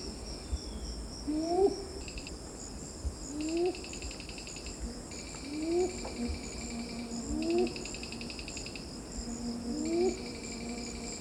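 Red-billed ground cuckoo uttering five soft, low, rising hoots at uneven intervals while insects buzz and pulse in the background.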